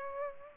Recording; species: mosquito wingbeat signal from an infrared sensor; Aedes aegypti